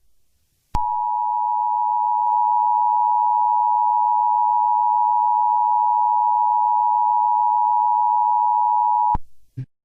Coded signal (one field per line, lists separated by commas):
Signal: Emergency Alert System (SAME) tones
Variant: 853 and 960 Hz attention tone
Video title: Mother Nature Got Mad (Eas scenario)